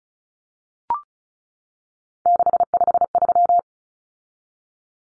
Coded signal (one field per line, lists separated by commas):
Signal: Morse code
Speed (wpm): 34 wpm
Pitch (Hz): 700 Hz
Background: none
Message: 653